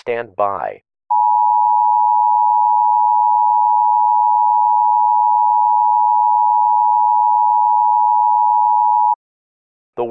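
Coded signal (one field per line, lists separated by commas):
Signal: Emergency Alert System (SAME) tones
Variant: 853 and 960 Hz attention tone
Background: speech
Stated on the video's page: Fictional EAS scenario using valid EAS tones.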